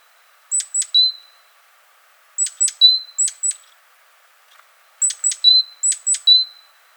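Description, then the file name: Great tit giving sharp, high clipped notes with a drawn-out whistle, repeated in three phrases of three to six notes. "Parus major"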